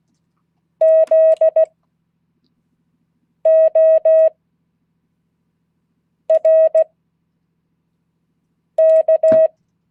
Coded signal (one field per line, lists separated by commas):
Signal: Morse code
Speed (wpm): 16 wpm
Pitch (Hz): 640 Hz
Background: none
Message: ZORK